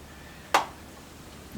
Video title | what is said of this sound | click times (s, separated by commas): Sevr Max Grip Five Arrow Quiver By TightSpot | you hear that snap | 0.6 s